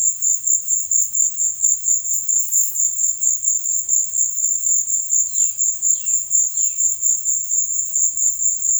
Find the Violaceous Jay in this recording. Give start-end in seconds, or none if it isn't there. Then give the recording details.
5.22-6.84. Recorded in secondary vegetation near Puerto Asís, Putumayo, Colombia, on 19 March 2025 at 15:30. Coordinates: 0.499, -76.323. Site G094